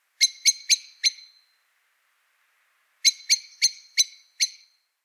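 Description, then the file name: Common blackbird calling in hard, clipped chinking notes: a run of four, a pause of nearly two seconds, then a run of five. "Turdus merula"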